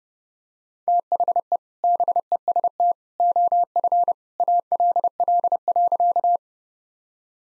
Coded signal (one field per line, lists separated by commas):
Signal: Morse code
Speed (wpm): 30 wpm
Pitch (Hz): 700 Hz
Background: none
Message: THE BEST OF ALL.